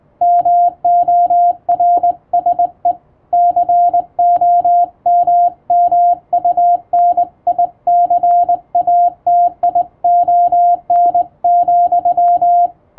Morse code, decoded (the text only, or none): MORSE COMMUNICATION,